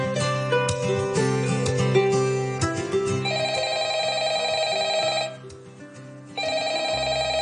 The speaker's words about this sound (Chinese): 哇，妹，做乜嘢电话响咁耐你唔听啊？